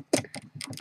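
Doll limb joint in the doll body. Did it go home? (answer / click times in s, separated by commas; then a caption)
no / none. A limb joint on a resin ball-jointed doll body, a Xaga Doll YOSD Nono body, is being moved by hand, producing short, light tick-like taps at about 0.2, 0.3, 0.6 and 0.8 seconds. The joint has not yet locked into place; nothing has seated or clicked home by the end of the clip.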